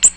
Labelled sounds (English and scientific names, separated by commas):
Ovenbird (Seiurus aurocapilla) flight call